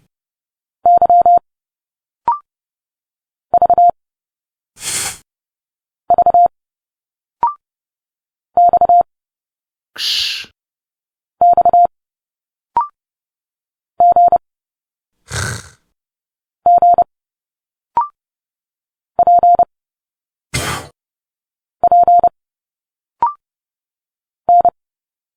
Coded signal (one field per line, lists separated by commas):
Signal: Morse code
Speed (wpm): 30 wpm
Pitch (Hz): 700 Hz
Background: none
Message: Y V V X X G G P P N